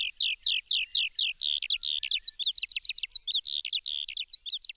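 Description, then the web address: Eurasian skylark singing a rapid, unbroken run of repeated downslurred chirps shifting into varied twittering and trilled phrases, high-pitched throughout. "Sanglarke"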